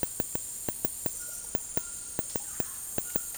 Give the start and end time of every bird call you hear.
1.10s-3.38s: Ramphastos tucanus
2.20s-2.85s: Psarocolius angustifrons

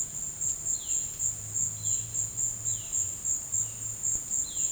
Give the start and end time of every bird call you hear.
0.00s-4.72s: Cyanocorax violaceus

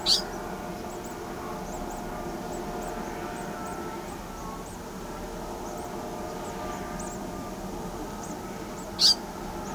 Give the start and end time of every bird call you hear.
0.06s-0.22s: Thraupis episcopus
0.90s-8.87s: Tyrannus melancholicus
8.97s-9.15s: Thraupis episcopus

